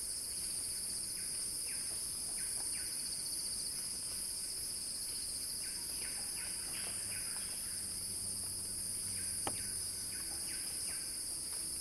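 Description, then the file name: Cicadas singing in a steady, shrill, high-pitched drone throughout, with short chirps repeated rapidly beneath and one sharp click near the end. Cicada song described as a crescendo. "Axel-Drioli Cicada-Crescendo-Sounding-Wild"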